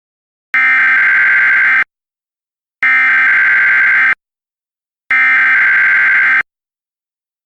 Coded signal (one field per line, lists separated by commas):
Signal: Emergency Alert System (SAME) tones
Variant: header bursts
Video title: EAS Scenario - 9/11